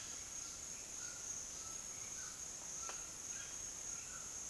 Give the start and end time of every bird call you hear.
[0.00, 4.49] bird call (0.8-2.2 kHz)

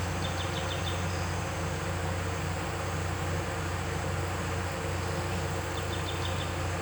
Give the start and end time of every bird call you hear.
[0.14, 1.02] bird call (2.1-4.7 kHz)
[5.74, 6.57] bird call (2.0-4.2 kHz)

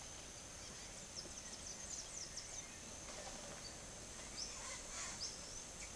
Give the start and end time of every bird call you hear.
[0.60, 5.70] bird call (0.3-9.6 kHz)

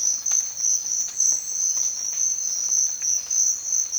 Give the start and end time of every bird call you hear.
[0.00, 1.98] bird call (2.6-4.3 kHz)

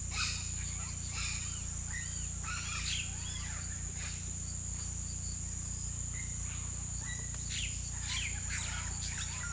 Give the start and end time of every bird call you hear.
[0.10, 3.62] bird call (0.6-5.8 kHz)
[6.03, 9.52] bird call (0.6-5.7 kHz)

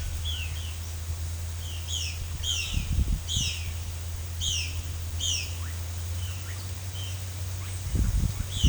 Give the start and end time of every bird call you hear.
[0.00, 0.76] bird call (1.7-7.2 kHz)
[1.86, 3.71] bird call (2.0-7.4 kHz)
[4.42, 5.55] bird call (2.0-8.7 kHz)
[6.87, 7.16] bird call (2.4-3.8 kHz)

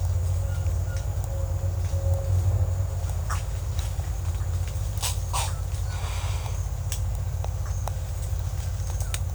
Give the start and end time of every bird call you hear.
[0.48, 1.04] bird call (1.2-1.8 kHz)
[5.00, 5.49] bird call (0.5-9.5 kHz)

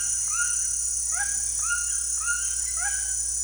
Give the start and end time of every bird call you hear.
[0.00, 3.29] bird call (0.6-4.2 kHz)

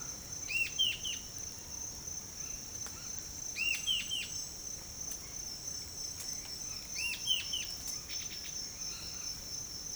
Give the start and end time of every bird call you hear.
[0.41, 1.20] bird call (1.2-5.7 kHz)
[2.30, 3.16] bird call (0.8-3.9 kHz)
[3.49, 4.30] bird call (1.1-6.1 kHz)
[5.08, 7.72] bird call (1.3-5.9 kHz)
[8.00, 9.49] bird call (1.6-6.3 kHz)

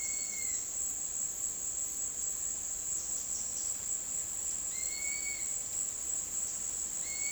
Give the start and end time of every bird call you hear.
[0.00, 0.62] bird call (0.9-6.8 kHz)
[4.71, 7.32] bird call (1.2-5.3 kHz)

